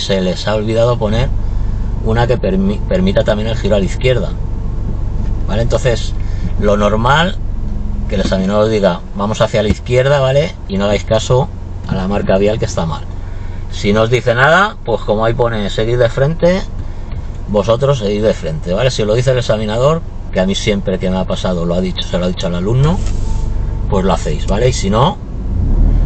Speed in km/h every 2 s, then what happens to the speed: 0, 0, 0, 0, 0, 0, 0, 0, 0, 0, 0, 0, 4.
0-23 standing.